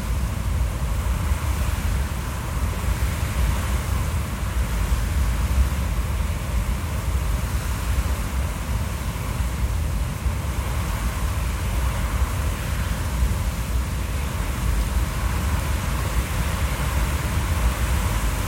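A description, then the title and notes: Wind blows steadily through long grass, a dense, unbroken rush with a heavy low rumble underneath from gusts buffeting. A softer hiss rides on top, swelling and easing gently every few seconds without ever dropping away. Shoreham Fort Wind June 2018. Wind in the long grass, recorded at Shoreham fort.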